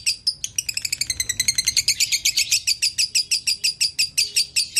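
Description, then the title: Canary song with a fast run of bright, rippling high notes, pulsing several times a second. Canary song made as a masteran (training track for songbirds). "Kicauan Kenari"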